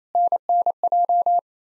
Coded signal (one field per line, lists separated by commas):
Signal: Morse code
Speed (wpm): 28 wpm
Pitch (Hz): 700 Hz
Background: none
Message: NNJ